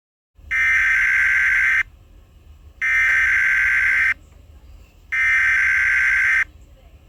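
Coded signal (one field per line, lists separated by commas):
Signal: Emergency Alert System (SAME) tones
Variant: header bursts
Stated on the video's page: Fictional EAS scenario tones.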